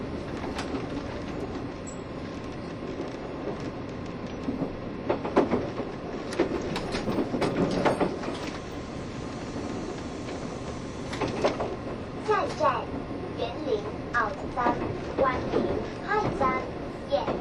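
A Taiwan Railway EMU1200 electric train with nose-suspended drive runs fast, its motors growling over a steady low rumble of wheels. The roar swells and fades, with a faint whine holding steady throughout. Clacks and rattles from the track come in bursts, thickest around twelve to sixteen seconds.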